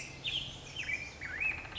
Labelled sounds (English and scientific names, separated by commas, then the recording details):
Black-headed Grosbeak (Pheucticus melanocephalus)
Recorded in Sonoma County, California